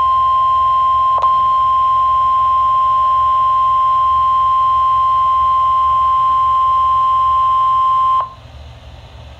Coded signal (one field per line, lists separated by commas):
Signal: Emergency Alert System (SAME) tones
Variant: 1050 Hz attention tone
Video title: NOAA Weather Radio - Weekly EAS Test - 9/21/16